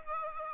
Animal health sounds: mosquito wingbeat signal from an infrared sensor; Aedes aegypti

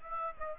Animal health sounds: mosquito wingbeat signal from an infrared sensor; Aedes aegypti

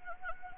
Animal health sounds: mosquito wingbeat signal from an infrared sensor; Anopheles gambiae

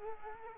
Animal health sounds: mosquito wingbeat signal from an infrared sensor; Culex quinquefasciatus

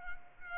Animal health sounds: mosquito wingbeat signal from an infrared sensor; Culex pipiens

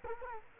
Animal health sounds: mosquito wingbeat signal from an infrared sensor; Culex quinquefasciatus

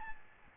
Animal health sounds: mosquito wingbeat signal from an infrared sensor; Aedes albopictus

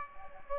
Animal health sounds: mosquito wingbeat signal from an infrared sensor; Aedes aegypti

